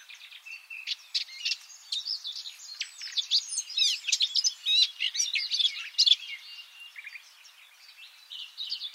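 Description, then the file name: Eurasian blackcap song, quiet at first, then a rapid, tangled stream of twittering and warbled notes, loudest past the middle and softer toward the end. "Sylvia atricapilla"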